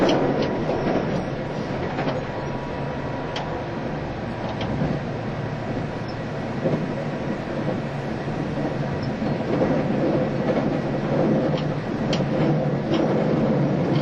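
Running sound aboard a JR East E351 series tilting train: a steady low rumble with faint rhythmic clicks and occasional squeaks throughout.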